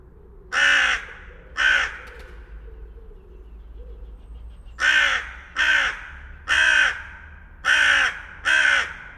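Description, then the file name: Carrion crow cawing harshly: two rasping caws, a pause of about three seconds, then a run of five caws in quick succession, with a low background hum. "Corvus corone"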